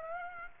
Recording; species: mosquito wingbeat signal from an infrared sensor; Aedes aegypti